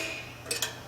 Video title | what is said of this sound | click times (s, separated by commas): VW Shift Rod Bushing, How-to Install the Custom Bushing from EV4U | it wasn't I heard it clicked it is now so | 0.5 s, 0.6 s